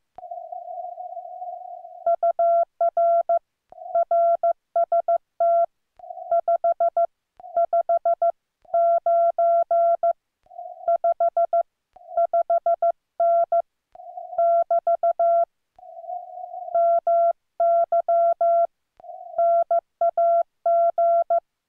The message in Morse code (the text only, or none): UR RST 559 55N <BT> MY NAG